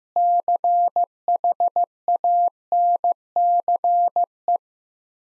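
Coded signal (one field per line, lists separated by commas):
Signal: Morse code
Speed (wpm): 15 wpm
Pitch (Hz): 700 Hz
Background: none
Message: CHANCE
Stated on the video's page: Morse practice of three-word sets at 15 wpm with 3x word spacing, a Farnsworth-like method applied to words, followed by spoken answers.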